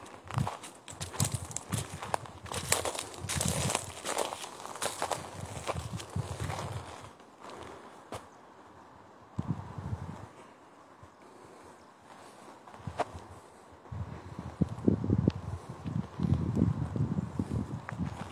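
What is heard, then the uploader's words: Footsteps on a walk through the forest of the Govind wildlife sanctuary, crunching in dense, irregular bursts through the first seven seconds. The steps pause into a quieter stretch, return briefly around ten and thirteen seconds, then resume steadily from about fifteen seconds. Walking in the Govind wildlife sanctuary located at Uttarakhand in India. Located in the Uttarkashi district of Uttarakhand, India. Footage of my walk through the forest.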